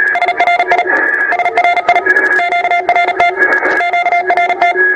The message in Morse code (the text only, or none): SRI SRI QRT QRT